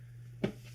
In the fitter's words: and that is a satisfying click you see the inside of the box is nice and